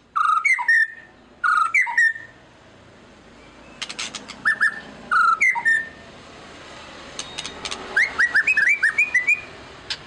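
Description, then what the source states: White-rumped shama song: loud paired whistled phrases with clicks, repeated a few times, then a quick rising sequence of chirping notes over faint background noise. Lure song of an actively singing ('gacor') murai batu, played to make other birds respond.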